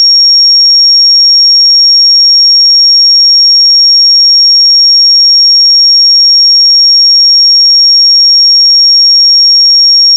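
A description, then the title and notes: A pure 5561 Hz sine tone holds perfectly steady and bright for the whole ten seconds, unchanging in pitch and loudness, with nothing else. 5561 Hz 1 Hz Interval Sine Pure Tone Frequency 441000 Sample Mono.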